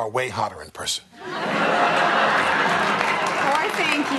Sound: soundbite of audience laughter

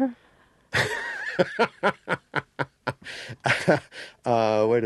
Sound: soundbite of laughter

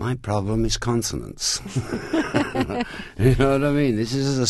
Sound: soundbite of laughter

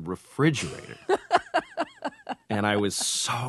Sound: soundbite of laughter

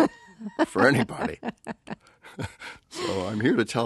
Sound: soundbite of laughter

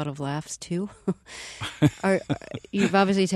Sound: soundbite of laughter

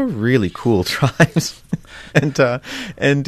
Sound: laughter

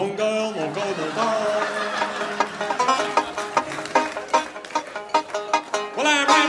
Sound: soundbite of audience laughter

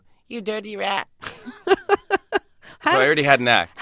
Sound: soundbite of laughter

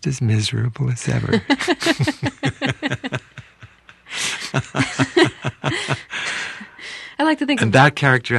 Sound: soundbite of laughter

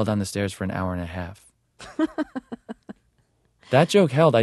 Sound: soundbite of laughter

